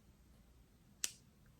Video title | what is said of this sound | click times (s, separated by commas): RARE BEAUTY BY SELENA GOMEZ -FIRST IMPRESSIONS & DEMO & REVIEW- Dry Skin Wear Test | has like that little locking here that it locked i don't think the foundation did that did it | 1.0 s